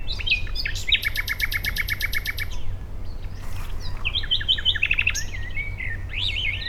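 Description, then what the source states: Common nightingale song: loud rich whistles, then a rapid buzzy series of repeated notes, then a pause and varied rising whistled phrases, over a steady low rumble. Dishoek, Netherlands, 10 May 2015.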